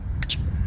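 A folding knife is closed by hand, and its blade drops, slows just before the detent, then clicks into place in the handle at 0.2 s. The click is a short, bright snap over a low background rumble, and a second softer burst of high-frequency sound follows right after it. The blade is seated in its detent.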